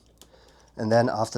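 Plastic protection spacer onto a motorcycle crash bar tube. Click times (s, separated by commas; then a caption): 0.2 s. A plastic protection spacer is pressed onto the existing tube of a Touratech crash bar on a KTM 1290 Super Adventure motorcycle, before the extension bar is fitted. A faint tick at 0.1 s is followed by a sharp click at 0.2 s as the spacer clips into place and seats. Someone then starts talking.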